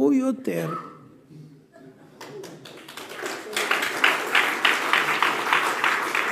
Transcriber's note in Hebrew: מחיאות כפיים